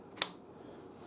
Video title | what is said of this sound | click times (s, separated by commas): 5 Bayonets | this one just goes right down here snaps in place | 0.2 s